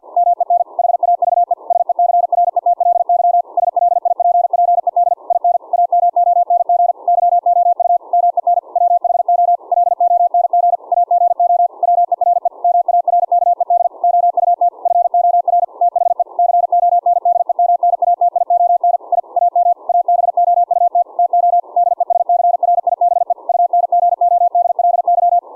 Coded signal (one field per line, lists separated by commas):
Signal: Morse code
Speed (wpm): 50 wpm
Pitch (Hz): 700 Hz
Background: none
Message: MEN HAVE SECRETLY SLIPPED IN AMONG YOU MEN WHO LONG AGO WERE MARKED OUT FOR THE CONDEMNATION I AM ABOUT TO DESCRIBE UNGODLY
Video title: QRQ CW LAB - Testing CW KEYING of any RIG with an audio derived CW Keying Circuit(pt2-Volume)